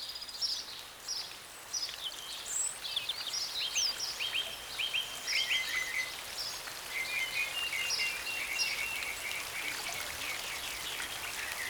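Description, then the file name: Songbirds giving high chirps and brief trills through a continuous rain shower. Songbirds in a deep forest during a rain shower. "Deep Forest Rain Shower With Songbirds"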